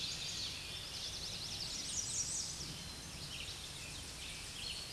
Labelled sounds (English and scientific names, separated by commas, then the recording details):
American Redstart (Setophaga ruticilla) song
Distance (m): 35 m
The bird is about 15 m above the microphone
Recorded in a Pennsylvania forest on 16 May 2024 at 06:53
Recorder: AudioMoth, point MSD-2305
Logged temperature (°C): 16.9 °C
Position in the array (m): 49 m, 226 m